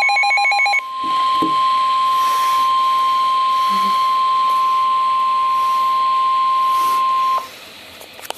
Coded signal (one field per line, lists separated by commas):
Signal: Emergency Alert System (SAME) tones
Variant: 1050 Hz attention tone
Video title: Severe Thunderstorm Warning (EAS #54) (6/23/13)